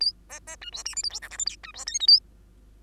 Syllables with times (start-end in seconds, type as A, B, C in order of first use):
0.00-0.13 A, 0.29-0.39 B, 0.47-0.56 B, 0.61-0.70 C, 0.72-0.83 D, 0.85-0.95 E, 0.96-1.03 F, 1.03-1.09 G, 1.10-1.20 H, 1.22-1.29 I, 1.30-1.38 J, 1.38-1.45 K, 1.46-1.56 L, 1.63-1.72 C, 1.74-1.85 D, 1.86-1.99 M, 2.00-2.07 N, 2.07-2.19 A